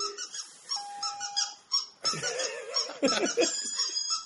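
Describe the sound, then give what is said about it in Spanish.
A horn-flute sound from a phone app called Trumpet: thin, squeaky whistling tones, first a steady held note, then louder wavering, warbling notes with a breathy edge, no talking. “¿Por qué sopla el teléfono?”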